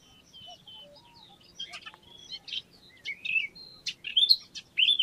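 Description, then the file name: Eurasian blackcap warbling: scattered thin whistles and scratchy chirps, growing into louder slurred fluty notes near the end, with a low rustling background. "Sylvia atricapilla"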